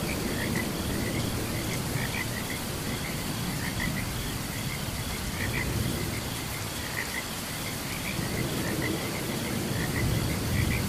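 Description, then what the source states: Frogs keep up a busy chorus of brief chirping notes, a few per second, over steady background noise and a soft low rumble. Frogs chirping during a thunderstorm.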